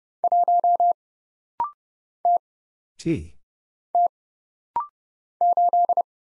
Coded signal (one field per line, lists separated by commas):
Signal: Morse code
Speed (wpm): 29 wpm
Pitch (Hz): 700 Hz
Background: none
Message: 1 T T 8